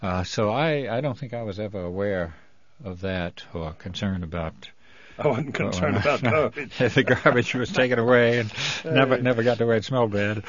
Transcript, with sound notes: So I, I don't think I was ever aware of that or concerned about that.
I wasn't concerned about garbage. (he laughs)
I figured garbage was taken away, and never, never got to where it smelled bad.